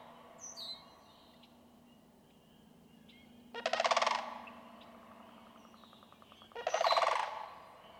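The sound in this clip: Sandhill crane calling twice with throaty rolling rattles about three seconds apart, faint whistled bird notes early on and a low steady hum underneath.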